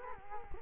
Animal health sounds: mosquito wingbeat signal from an infrared sensor; Culex quinquefasciatus

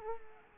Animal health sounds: mosquito wingbeat signal from an infrared sensor; Culex pipiens

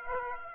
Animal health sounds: mosquito wingbeat signal from an infrared sensor; Aedes aegypti

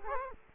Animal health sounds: mosquito wingbeat signal from an infrared sensor; Culex quinquefasciatus

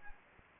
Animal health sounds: mosquito wingbeat signal from an infrared sensor; Anopheles gambiae

